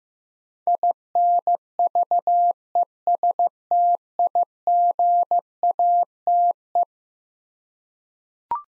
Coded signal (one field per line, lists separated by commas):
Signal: Morse code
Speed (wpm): 16 wpm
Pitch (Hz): 700 Hz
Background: none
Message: INVESTIGATE